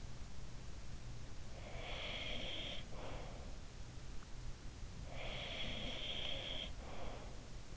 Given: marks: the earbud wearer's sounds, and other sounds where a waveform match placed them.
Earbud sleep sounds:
sounds in sleep by an in-ear microphone; breath
0.74-3.94 s: breath
4.46-7.77 s: breath

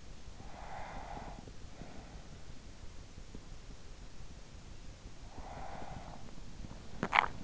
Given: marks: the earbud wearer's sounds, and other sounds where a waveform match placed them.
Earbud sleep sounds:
sounds in sleep by an in-ear microphone; breath, teeth grinding
0.00-3.09 s: breath
4.74-6.59 s: breath
6.78-7.44 s: teeth grinding

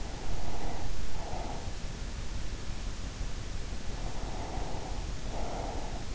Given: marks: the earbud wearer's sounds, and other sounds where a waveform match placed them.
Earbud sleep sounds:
sounds in sleep by an in-ear microphone; breath
0.13-1.99 s: breath
4.19-6.08 s: breath

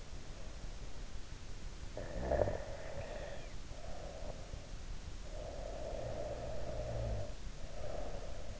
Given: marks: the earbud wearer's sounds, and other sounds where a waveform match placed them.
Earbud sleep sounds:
sounds in sleep by an in-ear microphone; snoring breath
1.51-4.53 s: snoring breath
5.14-8.60 s: snoring breath

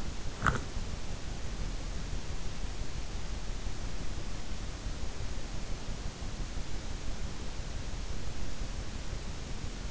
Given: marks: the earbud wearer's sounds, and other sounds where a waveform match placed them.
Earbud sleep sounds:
sounds in sleep by an in-ear microphone; teeth grinding
0.00-0.88 s: teeth grinding

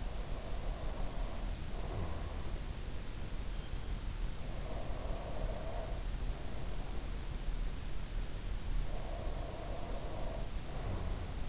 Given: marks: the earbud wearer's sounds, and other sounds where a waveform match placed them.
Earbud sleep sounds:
sounds in sleep by an in-ear microphone; breath
0.00-2.52 s: breath
4.47-7.33 s: breath
8.76-11.49 s: breath

